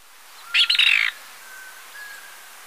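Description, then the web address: Rufous-crowned Tody-Flycatcher giving a single brief, sputtering buzzy rattle, high and dry, then faint soft whistles in the background. Recorded in Ecuador. "Birds of Ecuador. Rufous-crowned Tody-Flycatcher"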